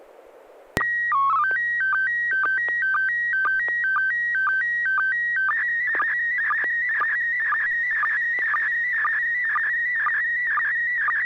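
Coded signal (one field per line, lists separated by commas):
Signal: SSTV (slow-scan television)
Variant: PD 120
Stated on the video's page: SSTV net images sent with MMSSTV over an FM repeater on 441.300 MHz in Sacramento, California.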